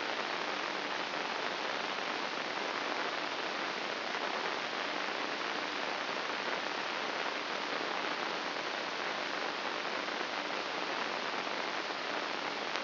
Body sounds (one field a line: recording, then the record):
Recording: brain microelectrode recording played as sound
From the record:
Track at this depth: outside the subthalamic nucleus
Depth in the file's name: 2.844 mm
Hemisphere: left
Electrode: 2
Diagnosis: Parkinson's disease